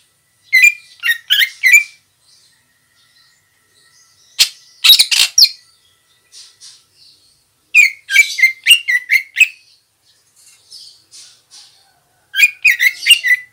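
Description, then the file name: Greater green leafbird repeating bursts of scratchy chirps about every four seconds, with quieter notes in the gaps. Female. "suara burung cucak ijo betina"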